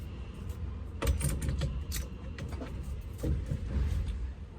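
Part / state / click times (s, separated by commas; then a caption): steering wheel onto quick-release hub adapter on the steering column / seated / 1.0 s. A sparkle steering wheel is pushed onto a quick-release hub adapter on the steering column of a 1969 Mustang for the first time, with a sharp click at 1.0 s as it locks on. Several smaller knocks and rattles follow around 1.4, 1.6 and 2.4 s, over a low background hum. The wheel is seated and locked in place.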